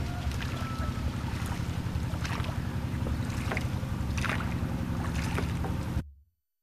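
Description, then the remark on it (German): A boat's engine drones with a low, steady chugging as the last boat departs, while water swishes and splashes over it for about six seconds, then the sound cuts off abruptly. “Dann legte das letzte Boot ab.”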